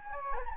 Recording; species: mosquito wingbeat signal from an infrared sensor; Anopheles gambiae